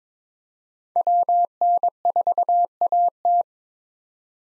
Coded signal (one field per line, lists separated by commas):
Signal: Morse code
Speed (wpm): 21 wpm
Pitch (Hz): 700 Hz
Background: none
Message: WN4AT